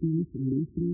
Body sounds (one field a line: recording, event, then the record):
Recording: neck accelerometer signal played as sound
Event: no cough (speech, laughter, throat clearing or background)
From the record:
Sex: male